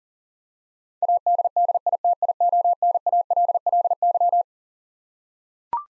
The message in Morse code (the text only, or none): ADDITIONALLY